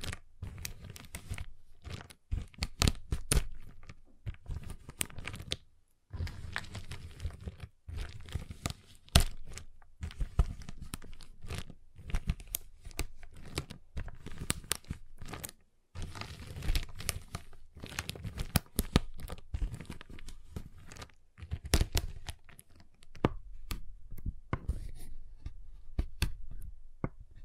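Tapping, cutting and snapping on a giant chocolate bar, heard as a dense run of sharp clicks and crisp cracks with crinkly, tearing wrapper noise between them. The sounds come in busy bursts broken by brief silences near 2, 6, 16 and 21 seconds.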